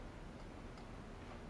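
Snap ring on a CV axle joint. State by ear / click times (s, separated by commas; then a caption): not seated / none. Snap ring pliers fit onto a new snap ring and line it up over the CV joint of a CV axle from a Toyota 3rd Gen 4Runner / 1st Gen Tacoma rebuild, before it is dropped into the groove. Only a steady, low broadband hiss is heard, with no sudden sounds. Nothing has seated or clicked yet.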